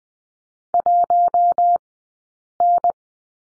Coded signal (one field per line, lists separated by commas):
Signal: Morse code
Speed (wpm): 20 wpm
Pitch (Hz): 700 Hz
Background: none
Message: 1N